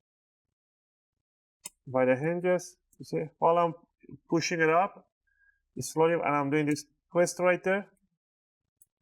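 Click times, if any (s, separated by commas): 8.8 s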